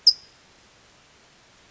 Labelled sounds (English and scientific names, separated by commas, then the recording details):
California Towhee (Melozone crissalis)
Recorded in Sonoma County, California